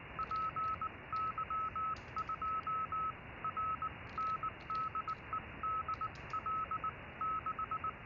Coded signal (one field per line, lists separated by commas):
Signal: Morse code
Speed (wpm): 19 wpm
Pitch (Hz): 1290 Hz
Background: none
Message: PY2RN DE DL6